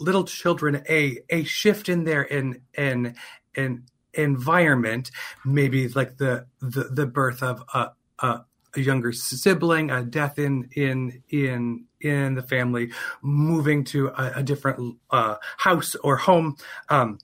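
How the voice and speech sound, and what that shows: An adult man speaks in a calm, mid-pitched voice, broken by repeated sounds and words ("in, in, in", "the, the, the"), stretched vowels and silent pauses mid-phrase. These repetitions, prolongations and blocks are typical of developmental stuttering, which began around age three and has persisted into adulthood; he stutters openly and comfortably.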